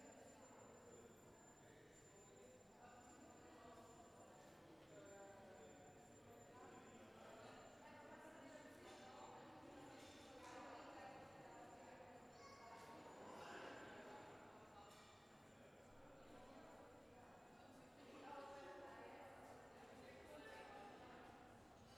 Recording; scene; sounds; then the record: everyday scene through a hearing-aid microphone; reverberant space; background noise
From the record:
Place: railway station hall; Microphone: behind the ear, left, rear